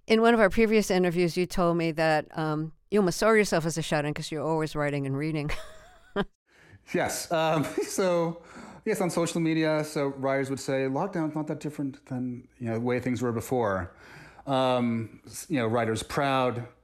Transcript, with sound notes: In one of our previous interviews, you told me that you almost saw yourself as a shut-in because you were always writing and reading (laughter)
Yes. (laughter) So, yes, on social media - so writers would say lockdown's not that different than, you know, the way things were before, you know, writers proud